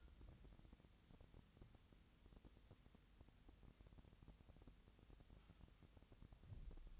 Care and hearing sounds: daily activity, microphone in the room; wipe stove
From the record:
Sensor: 3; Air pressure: 1001.6 hPa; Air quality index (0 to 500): 223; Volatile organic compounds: 30 ppm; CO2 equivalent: 2963 ppm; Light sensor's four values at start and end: 11/34/14/12 and 11/34/14/12

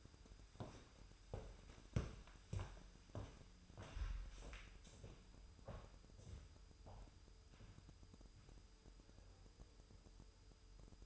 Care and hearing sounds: daily activity, microphone in the room; walk to room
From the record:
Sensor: 2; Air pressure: 988.1 hPa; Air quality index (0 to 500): 185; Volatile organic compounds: 152 ppm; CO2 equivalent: 4030 ppm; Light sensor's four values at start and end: 21/70/27/26 and 21/70/27/26

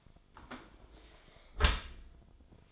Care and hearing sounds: daily activity, microphone in the room; close dishwasher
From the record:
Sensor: 5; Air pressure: 1003.2 hPa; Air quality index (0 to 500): 126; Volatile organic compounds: 1 ppm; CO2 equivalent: 925 ppm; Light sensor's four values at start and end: 70/171/71/79 and 67/161/67/75

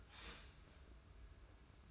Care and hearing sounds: daily activity, microphone in the room; start toaster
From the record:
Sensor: 2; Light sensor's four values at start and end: 32/98/38/36 and 32/98/38/36

